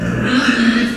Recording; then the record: squeal of a Yucatan mini pig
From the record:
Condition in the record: after surgery on the right vocal fold (resection and tissue-engineered implant); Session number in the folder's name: 6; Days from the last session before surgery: 40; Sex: female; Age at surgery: 19 weeks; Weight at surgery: 25 kg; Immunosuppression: prednisolone